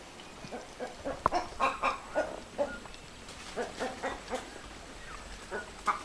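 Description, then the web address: Boat-billed heron giving short clucking calls in an irregular series, over a steady hiss of background noise. Eastern lowlands of South America. "Natures Songs S America Eastern Lowlands. Boat-billed Heron"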